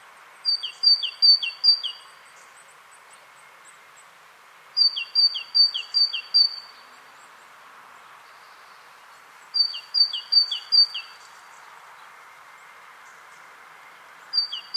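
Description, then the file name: Great tit song of see-sawing two-note phrases in bouts of four or five, three bouts spaced a few seconds apart, the start of a fourth at the end. "Parus major"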